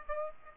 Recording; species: mosquito wingbeat signal from an infrared sensor; Aedes aegypti